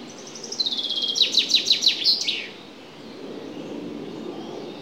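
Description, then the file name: Common chaffinch song: high thin notes sliding down into a series of evenly spaced accented trill notes, closed by a flourish, then soft background. "Fringilla coelebs"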